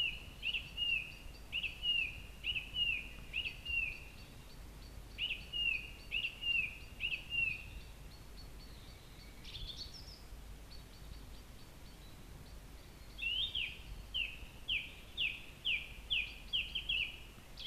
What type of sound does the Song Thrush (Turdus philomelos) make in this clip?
song